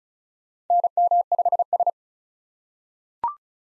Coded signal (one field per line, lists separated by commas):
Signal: Morse code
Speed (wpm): 36 wpm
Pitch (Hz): 700 Hz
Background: none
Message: NM5S